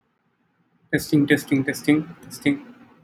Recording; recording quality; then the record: deep breathing; poor, much background noise or distortion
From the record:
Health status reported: COVID-19 positive, mild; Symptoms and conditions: none ticked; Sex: male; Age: 26 years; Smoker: not ticked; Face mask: not worn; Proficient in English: yes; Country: India